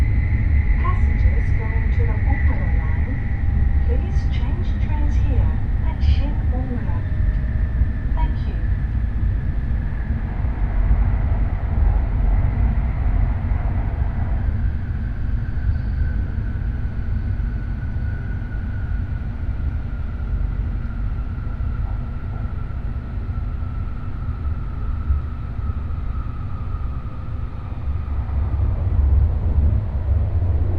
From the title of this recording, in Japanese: 西九州新幹線かもめ25号武雄温泉→長崎